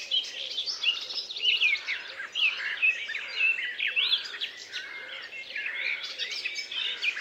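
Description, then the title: Birds in a dense chorus of overlapping high chirps, trills and twittering notes throughout. Many birds singing together in a forest; described as pleasant, carefree many-voiced singing. "Звуки птиц в лесу. pleasant carefree many-voiced singing of birds in the forest"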